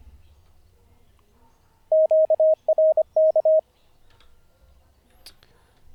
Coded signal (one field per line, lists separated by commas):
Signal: Morse code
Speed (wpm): 25 wpm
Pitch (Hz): 630 Hz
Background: none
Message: QRK